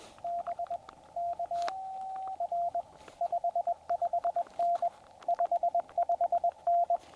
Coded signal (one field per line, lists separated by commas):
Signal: Morse code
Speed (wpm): 21 wpm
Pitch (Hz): 700 Hz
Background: radio noise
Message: BK R 55N 55N